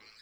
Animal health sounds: pig call; piglet (1 to 25 days)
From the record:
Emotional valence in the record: positive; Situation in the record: reunion after long isolation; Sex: female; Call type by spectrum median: high-frequency call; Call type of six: low-frequency tonal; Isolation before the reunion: 8 minutes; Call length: 0.23 s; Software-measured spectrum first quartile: 1849 Hz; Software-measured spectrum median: 3357 Hz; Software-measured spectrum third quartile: 4645 Hz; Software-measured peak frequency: 4157 Hz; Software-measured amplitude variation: 81 dB a second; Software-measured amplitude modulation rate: 24.3 a second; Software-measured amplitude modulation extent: 3.3 dB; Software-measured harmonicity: 1.0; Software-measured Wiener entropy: -1.25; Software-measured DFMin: 610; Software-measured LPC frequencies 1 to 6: 2274, 4133, 4704, 7614, 8591, 10524 Hz

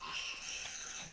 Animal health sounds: pig call; piglet (1 to 25 days)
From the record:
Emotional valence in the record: negative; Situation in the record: crushing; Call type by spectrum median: high-frequency call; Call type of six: high-frequency stable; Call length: 1.13 s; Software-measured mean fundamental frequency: 252 Hz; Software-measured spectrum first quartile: 2402 Hz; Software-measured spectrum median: 3943 Hz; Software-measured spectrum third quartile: 6353 Hz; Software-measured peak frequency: 2743 Hz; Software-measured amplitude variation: 100 dB a second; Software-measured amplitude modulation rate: 23.5 a second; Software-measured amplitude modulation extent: 4.3 dB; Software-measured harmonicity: 1.2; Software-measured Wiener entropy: -1.27

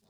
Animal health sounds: pig call; piglet (1 to 25 days)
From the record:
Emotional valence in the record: positive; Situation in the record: reunion after long isolation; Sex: male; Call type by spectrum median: low-frequency call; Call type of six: low-frequency tonal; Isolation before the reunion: 8 minutes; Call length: 0.10 s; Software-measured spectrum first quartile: 333 Hz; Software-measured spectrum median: 1259 Hz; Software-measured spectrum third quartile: 6209 Hz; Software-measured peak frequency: 196 Hz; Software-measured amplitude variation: 66 dB a second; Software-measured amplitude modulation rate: 14.4 a second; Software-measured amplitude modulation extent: 4.5 dB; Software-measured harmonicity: 3.8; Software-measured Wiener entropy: -2.06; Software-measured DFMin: 1130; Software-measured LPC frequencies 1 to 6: 656, 2612, 3633, 4202, 5090, 6375 Hz

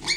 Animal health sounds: pig call; weaner (32 to 43 days)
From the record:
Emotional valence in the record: negative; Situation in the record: long isolation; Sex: female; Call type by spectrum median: high-frequency call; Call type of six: high-frequency stable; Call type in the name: high-frequency stable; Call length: 0.17 s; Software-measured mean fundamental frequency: 214 Hz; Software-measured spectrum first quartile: 2079 Hz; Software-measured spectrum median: 3616 Hz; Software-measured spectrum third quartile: 4845 Hz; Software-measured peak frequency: 4288 Hz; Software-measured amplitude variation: 158 dB a second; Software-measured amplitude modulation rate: 2.9 a second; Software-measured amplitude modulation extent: 54.8 dB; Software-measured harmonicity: 4.9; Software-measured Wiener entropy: -2.09

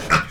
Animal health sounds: pig call; piglet (1 to 25 days)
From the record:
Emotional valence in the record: positive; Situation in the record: reunion after long isolation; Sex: male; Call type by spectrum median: low-frequency call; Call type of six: low-frequency tonal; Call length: 0.31 s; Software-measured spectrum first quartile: 805 Hz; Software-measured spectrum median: 1364 Hz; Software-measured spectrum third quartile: 2106 Hz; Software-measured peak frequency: 1310 Hz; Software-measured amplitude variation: 161 dB a second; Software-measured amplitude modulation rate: 13.0 a second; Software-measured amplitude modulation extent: 12.4 dB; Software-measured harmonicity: 2.6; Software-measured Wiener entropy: -1.19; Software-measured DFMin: 752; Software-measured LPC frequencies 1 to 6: 1346, 2481, 3366, 4190, 4987, 5649 Hz

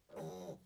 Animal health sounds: pig call; piglet (1 to 25 days)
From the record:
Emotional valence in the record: negative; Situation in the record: restrain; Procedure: back test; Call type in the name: low-frequency call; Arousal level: low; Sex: male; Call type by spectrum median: low-frequency call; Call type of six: low-frequency stable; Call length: 0.66 s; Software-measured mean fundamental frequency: 50 Hz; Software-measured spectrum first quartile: 298 Hz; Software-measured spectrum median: 509 Hz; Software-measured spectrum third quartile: 910 Hz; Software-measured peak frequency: 567 Hz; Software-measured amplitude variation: 144 dB a second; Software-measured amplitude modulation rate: 20.3 a second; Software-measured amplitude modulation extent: 7.1 dB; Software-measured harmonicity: 1.5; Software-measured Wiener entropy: -0.08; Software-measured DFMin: 1113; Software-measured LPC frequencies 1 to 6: 535, 1981, 3847, 5045, 5937, 7458 Hz

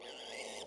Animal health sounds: pig call; piglet (1 to 25 days)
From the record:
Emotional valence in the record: negative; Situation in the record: restrain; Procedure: in the arms of a person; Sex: male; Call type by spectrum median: low-frequency call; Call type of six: low-frequency tonal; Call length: 0.67 s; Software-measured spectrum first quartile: 749 Hz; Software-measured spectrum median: 2164 Hz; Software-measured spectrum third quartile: 4176 Hz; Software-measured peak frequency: 520 Hz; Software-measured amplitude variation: 80 dB a second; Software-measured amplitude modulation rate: 25.5 a second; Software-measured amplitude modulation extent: 3.1 dB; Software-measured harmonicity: 0.2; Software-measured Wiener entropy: -1.69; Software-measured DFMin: 1443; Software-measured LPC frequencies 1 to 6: 620, 2101, 2966, 3314, 4785, 6026 Hz

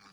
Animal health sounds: pig call; piglet (1 to 25 days)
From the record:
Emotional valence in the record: positive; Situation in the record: reunion after long isolation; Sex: female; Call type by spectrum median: low-frequency call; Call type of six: low-frequency tonal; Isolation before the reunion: 8 minutes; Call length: 0.12 s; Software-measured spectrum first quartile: 981 Hz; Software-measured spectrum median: 2005 Hz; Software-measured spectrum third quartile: 4273 Hz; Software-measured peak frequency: 1206 Hz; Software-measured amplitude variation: 75 dB a second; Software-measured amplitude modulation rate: 8.2 a second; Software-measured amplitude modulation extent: 9.2 dB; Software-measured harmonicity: -0.1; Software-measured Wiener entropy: -1.40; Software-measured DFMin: 1204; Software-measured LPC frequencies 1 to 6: 1188, 2349, 3704, 4368, 4832, 5620 Hz

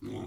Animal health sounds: pig call; weaner (32 to 43 days)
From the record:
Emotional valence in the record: negative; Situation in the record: long isolation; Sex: female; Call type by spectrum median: low-frequency call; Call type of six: low-frequency stable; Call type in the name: low-frequency stable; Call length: 0.27 s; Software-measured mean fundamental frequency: 51 Hz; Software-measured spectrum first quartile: 202 Hz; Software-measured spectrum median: 326 Hz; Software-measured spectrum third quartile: 581 Hz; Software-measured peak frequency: 286 Hz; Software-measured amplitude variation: 86 dB a second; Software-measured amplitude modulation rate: 24.4 a second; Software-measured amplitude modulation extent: 3.5 dB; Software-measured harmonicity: 0.0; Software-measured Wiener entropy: -0.29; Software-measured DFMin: 606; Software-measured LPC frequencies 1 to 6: 347, 2125, 3318, 5945, 7272, 9188 Hz

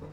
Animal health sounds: pig call; growing-finishing pig (85 days or more)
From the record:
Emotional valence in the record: positive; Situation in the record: run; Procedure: transit

